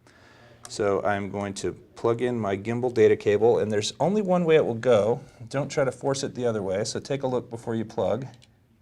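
A gimbal data cable connector is handled near its socket on a 3DR Solo drone gimbal assembly, where it fits only one way, while someone talks throughout. The connector has not seated or clicked yet.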